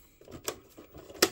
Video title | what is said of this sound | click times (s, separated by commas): Распаковка белуга 2.0 Jeep Rubicon | Чик, и защелкнулась. | 1.2 s